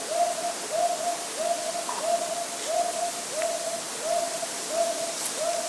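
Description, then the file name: Hawk owl hooting, a long run of soft, mellow hoots about every two-thirds of a second, steady in pitch, over a faint hiss. Recorded at Abiko on 14 May 2014. "hawk owl abiko 140514"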